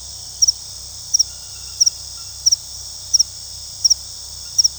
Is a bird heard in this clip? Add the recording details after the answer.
no. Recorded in pastures near Puerto Asís, Putumayo, Colombia, on 21 February 2024 at 00:00. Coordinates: 0.486, -76.323. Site G6462